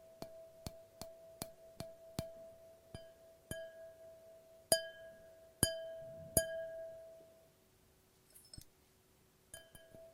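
Glass is tapped again and again, each strike a sharp bright clink followed by a clear ringing tone that lingers. Quick, even taps open the clip, then slow into spaced, louder strikes around the middle, with softer, sparser clinks near the end.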